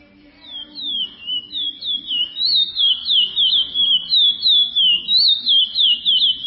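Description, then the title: Chestnut-bellied seed finch singing a long, lively warble of rapid slurred whistles that swoop up and down, steady pulses roughly three a second after a soft start. "Canto De Curio"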